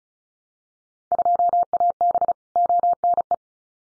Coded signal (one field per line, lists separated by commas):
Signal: Morse code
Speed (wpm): 34 wpm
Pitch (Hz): 700 Hz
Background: none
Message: 2AB ONE